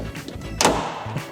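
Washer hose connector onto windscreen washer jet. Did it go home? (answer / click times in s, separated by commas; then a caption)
yes / 0.6 s. A washer hose connector is pushed onto a windscreen washer jet. A loud, sharp click sounds at 0.6 s over quiet background music, with softer thumps just before it. The connector is seated and clicked home, a sign it was done right.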